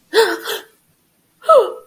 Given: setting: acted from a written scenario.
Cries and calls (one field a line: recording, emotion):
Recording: vocal sound without words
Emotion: negative surprise